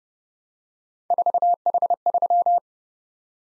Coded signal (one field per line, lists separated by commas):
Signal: Morse code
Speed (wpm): 30 wpm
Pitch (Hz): 700 Hz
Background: none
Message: 4H3